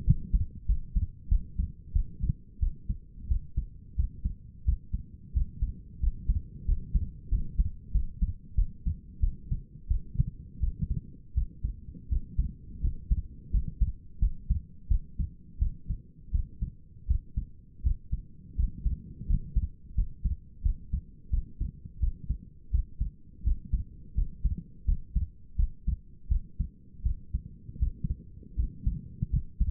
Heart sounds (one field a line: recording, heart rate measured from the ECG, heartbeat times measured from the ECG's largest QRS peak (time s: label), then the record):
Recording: heart sounds by stethoscope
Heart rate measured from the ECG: 86 bpm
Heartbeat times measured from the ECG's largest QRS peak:
0.05 s: heartbeat
0.67 s: heartbeat
1.29 s: heartbeat
1.93 s: heartbeat
2.60 s: heartbeat
3.28 s: heartbeat
3.96 s: heartbeat
4.65 s: heartbeat
5.34 s: heartbeat
6.00 s: heartbeat
6.66 s: heartbeat
7.30 s: heartbeat
7.92 s: heartbeat
8.56 s: heartbeat
9.21 s: heartbeat
9.88 s: heartbeat
10.60 s: heartbeat
11.35 s: heartbeat
12.09 s: heartbeat
12.81 s: heartbeat
13.51 s: heartbeat
14.20 s: heartbeat
14.88 s: heartbeat
15.59 s: heartbeat
16.32 s: heartbeat
17.08 s: heartbeat
17.83 s: heartbeat
18.56 s: heartbeat
19.27 s: heartbeat
19.95 s: heartbeat
20.63 s: heartbeat
21.31 s: heartbeat
22.00 s: heartbeat
22.71 s: heartbeat
23.44 s: heartbeat
24.15 s: heartbeat
24.86 s: heartbeat
25.56 s: heartbeat
26.29 s: heartbeat
27.03 s: heartbeat
27.79 s: heartbeat
28.56 s: heartbeat
29.30 s: heartbeat
From the record:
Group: healthy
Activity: rest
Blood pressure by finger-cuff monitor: 132/84 mmHg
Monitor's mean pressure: 98 mmHg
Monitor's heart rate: 86 bpm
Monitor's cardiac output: 6.1 L/min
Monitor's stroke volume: 70 mL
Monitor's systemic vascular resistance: 1170 dyn s/cm5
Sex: female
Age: 37 years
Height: 168 cm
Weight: 70 kg